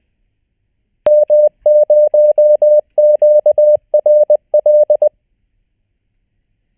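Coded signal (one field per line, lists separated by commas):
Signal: Morse code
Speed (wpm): 20 wpm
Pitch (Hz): 600 Hz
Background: none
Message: M0QRL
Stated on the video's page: Morse lesson homework for the fourth session of a learning series.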